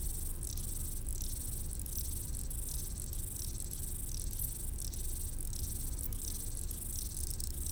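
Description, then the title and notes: Grasshopper stridulation as a continuous high buzz broken into regular rhythmic pulses, with a steady low rumble underneath. Several grasshoppers stridulating on a roadside bank along the Mont du Chat TV relay road at 1500 m altitude, Le Bourget-du-Lac, France, with distant valley noise in the background. "D42, 73370 Le Bourget-du-Lac, France - insectes du talus. Route du relais télévision du Mont du Chat à 1500m d'altitude les stridulations des criquets sur le talus et les bruits lointains de la vallée en arrière plan"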